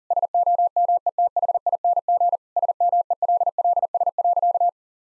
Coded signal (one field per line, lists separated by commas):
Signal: Morse code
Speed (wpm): 40 wpm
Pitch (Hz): 700 Hz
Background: none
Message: SOMETHING SMELLS.